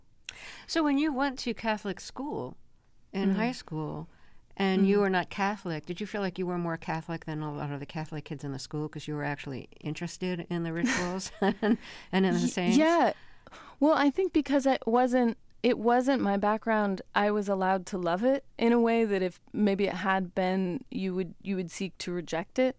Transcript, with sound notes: So when you went to Catholic school in high school and you were not Catholic, did you feel like you were more Catholic than a lot of the Catholic kids in the school because you were actually interested in the rituals (laughter) and in the saints?
Yeah. Well, I think because it wasn't my background, I was allowed to love it in a way that if maybe it had been, you would seek to reject it.